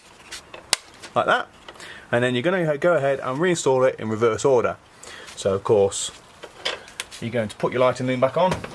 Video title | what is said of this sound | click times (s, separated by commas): Replace A Bulb Ford Focus Zetec T 2005-2010 Mk2 | case I'm just going to click back into place in each corner like | 0.7 s